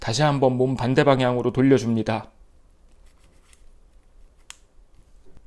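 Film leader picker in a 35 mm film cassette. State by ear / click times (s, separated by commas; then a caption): seated / 4.5 s. Someone talks for about two seconds, then turns the film leader picker in a 35 mm film cassette away from the body again after the first slide has been pushed. A faint tick comes at 3.5 s, and a sharp second click at 4.5 s shows the picker has caught. This is the signal to push the remaining slide.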